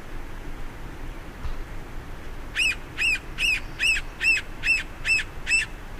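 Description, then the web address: Red-naped sapsucker calls: a series of eight nasal, squealing mew notes, about two per second, over a quiet, hissy background. "Know Your Bird Sounds Common Western Species. Red-naped Sapsucker"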